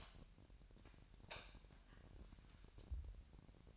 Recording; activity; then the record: daily activity, microphone in the room; light on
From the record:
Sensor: 2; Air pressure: 1011.8 hPa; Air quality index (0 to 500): 209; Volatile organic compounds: 3 ppm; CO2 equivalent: 1478 ppm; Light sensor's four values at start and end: 10/24/10/11 and 14/35/15/15